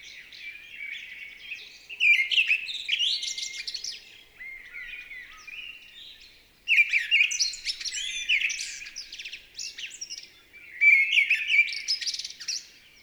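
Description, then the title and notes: Mistle thrush song in three loud phrases, each a quick jumble of fluty whistles and harsh squeaky notes, separated by quieter pauses of a few seconds. Recorded 28 March 2020 at Val Maravel in stereo with a Nagra LB and MKH40 microphone, with no aircraft noise at the time; bird singing with great vocal fervour. "UNE DRAINE ENCHANTEE. 28 mars 2020-Val Maravel. Voici la belle Grive draine (Turdus viscivorus) dans toute sa ferveur vocale"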